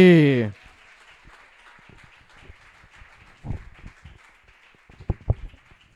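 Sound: audience applause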